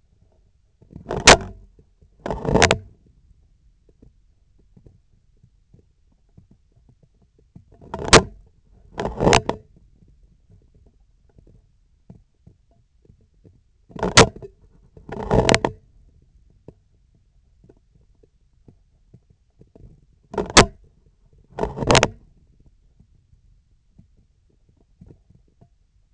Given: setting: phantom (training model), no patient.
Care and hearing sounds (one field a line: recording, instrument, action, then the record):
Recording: laparoscopic instrument, vibration sensor on the handle end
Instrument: scissors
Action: opening and closing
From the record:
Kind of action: tool actuation without material contact